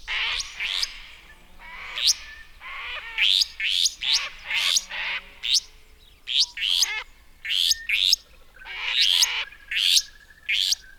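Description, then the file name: Restless flycatcher calls: rapid series of scratchy, rising sweeps in irregular clusters, continuing steadily through the recording. "Myiagra Inquieta"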